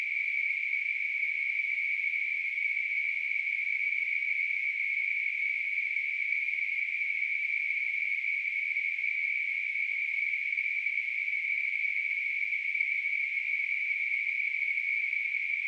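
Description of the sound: Simulated tinnitus: a steady, continuous high-pitched hiss concentrated in a narrow band around 2 to 2.5 kHz, with a fainter band near 4.5 kHz, unchanging in pitch and loudness throughout.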